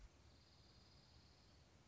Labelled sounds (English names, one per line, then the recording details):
Dark-eyed Junco
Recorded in Sonoma County, California